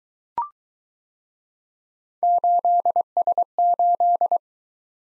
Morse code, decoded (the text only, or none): 8S8